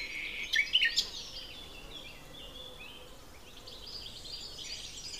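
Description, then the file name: Common nightingale song: a short loud burst of sharp, rapid notes near the start, then fainter, continuous warbling. "Luscinia megarhynchos"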